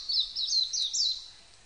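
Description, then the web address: Japanese white-eye song: a brief burst of thin, high, twittering notes sliding up and down, fading out after about a second. Recorded 11 April 1998. "1998 980411 mejiro"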